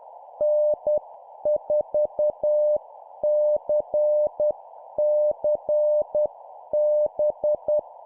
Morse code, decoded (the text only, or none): N4CCB